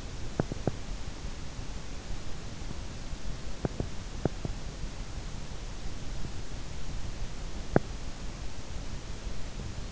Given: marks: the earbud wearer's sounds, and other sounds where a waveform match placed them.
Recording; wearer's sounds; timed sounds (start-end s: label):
sounds in sleep by an in-ear microphone; teeth grinding
0.00-1.00 s: teeth grinding
3.47-4.97 s: teeth grinding
7.59-8.11 s: teeth grinding